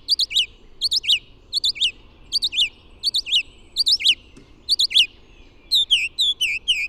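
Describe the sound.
Bird song: paired slurred notes repeated in a steady series, finishing with a run of downward-curving whistled notes.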